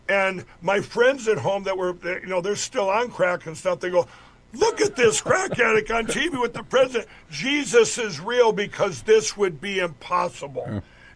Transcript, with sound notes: And my friends at home that were... Uh, you know, they're still on crack and stuff, they go, "Look at this crack addict on TV-"
(laughs)
"... with the President. Jesus is real because this would be impossible."